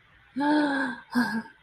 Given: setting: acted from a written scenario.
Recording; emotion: vocal sound without words; ecstasy